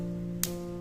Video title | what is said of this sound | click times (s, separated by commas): B-175 - Unboxing Lucifer The End - - Part 1 - Limit Break - BEYBLADE BURST Superking - ベイブレードバースト | once you've heard that click then yes you did it right so it's closed closed and | 0.4 s